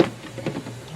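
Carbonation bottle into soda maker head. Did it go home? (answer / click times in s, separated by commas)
no / none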